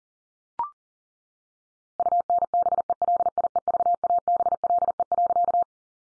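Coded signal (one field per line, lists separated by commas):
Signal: Morse code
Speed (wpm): 40 wpm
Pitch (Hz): 700 Hz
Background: none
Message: UNBELIEVABLE.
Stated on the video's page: Head-copy sentence practice at 40 wpm.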